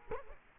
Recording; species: mosquito wingbeat signal from an infrared sensor; Culex quinquefasciatus